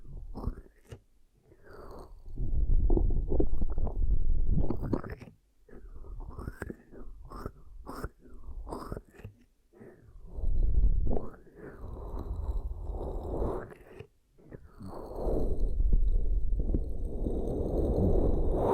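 Ear cupping sounds: muffled, low whooshing pulses that swell and fade unevenly, with brief sharp rustles and scratchy clicks between them.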